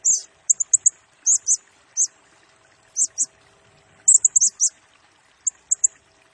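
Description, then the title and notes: Blue-crowned hanging parrot song: very high, sharp squeaky notes in quick doublets and triplets, delivered in irregular bursts with short pauses. Lure and tutoring song for training and attracting birds; the singing is described as gacor (vigorous, nonstop) in the nembak (rapid-fire) style, said to stir up all birds. "Burung Serindit Nembak Gacor Bikin Emosi Semua Burung. Suara Nasteran Dan Pemikat Burung Serinditan Gacor"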